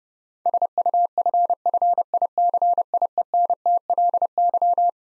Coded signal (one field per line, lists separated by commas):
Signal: Morse code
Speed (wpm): 32 wpm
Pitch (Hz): 700 Hz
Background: none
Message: SUFFICIENTLY